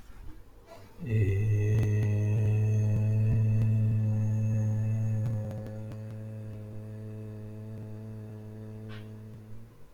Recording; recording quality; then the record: sustained vowel as in made; moderate, slight background noise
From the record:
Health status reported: healthy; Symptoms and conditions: none ticked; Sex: male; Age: 19 years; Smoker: not ticked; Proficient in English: yes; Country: India